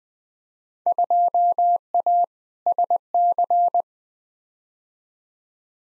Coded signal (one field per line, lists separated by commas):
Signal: Morse code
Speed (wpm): 20 wpm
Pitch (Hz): 700 Hz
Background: none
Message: 2A SC